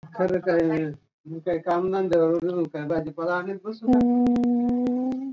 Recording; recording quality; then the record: sustained vowel as in boot; poor, much background noise or distortion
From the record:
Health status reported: healthy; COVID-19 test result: not tested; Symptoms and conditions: none ticked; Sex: female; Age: 26 years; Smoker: not ticked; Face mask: not worn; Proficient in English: yes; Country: India